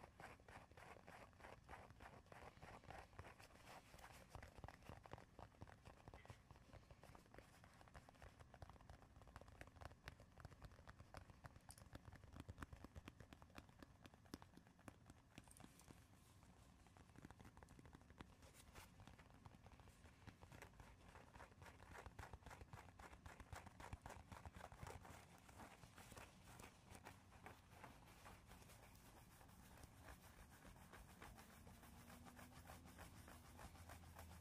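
Fast, relentless tapping and scratching, the strikes packed so densely they nearly blur into a continuous rattle. The pace and loudness stay fairly even for the whole stretch, with a few sharper, brighter hits standing out here and there.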